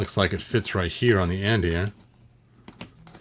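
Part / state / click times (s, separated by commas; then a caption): plastic accessory onto toy castle / not seated / none. Someone talks while trying to fit a plastic accessory onto the end of a Castle Grayskull toy, followed by a few faint light clicks and taps near 2.7, 2.8 and 3.1 seconds. The accessory does not go on, and nothing has seated or clicked into place yet.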